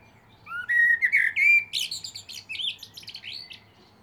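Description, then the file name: Common blackbird song: a sweet rising series of fluty whistles runs straight into a long, busy stretch of high scratchy twittering. "Turdus merula"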